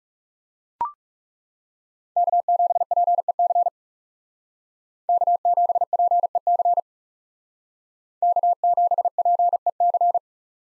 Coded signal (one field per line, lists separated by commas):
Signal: Morse code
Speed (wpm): 38 wpm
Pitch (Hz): 700 Hz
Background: none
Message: K7PEC K7PEC K7PEC